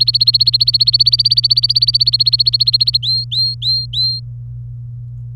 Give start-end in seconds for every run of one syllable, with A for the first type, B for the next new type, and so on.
0.00-2.97 A, 3.02-4.20 B